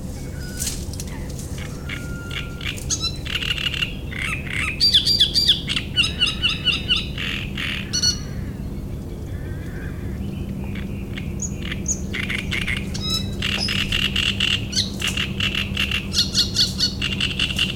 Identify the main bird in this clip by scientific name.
Acrocephalus arundinaceus